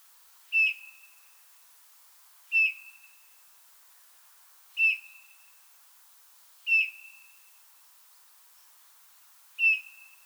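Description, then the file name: Eurasian bullfinch calling with mellow, short piping whistles, five notes roughly every two seconds in a quiet setting. "Pyrrhula pyrrhula"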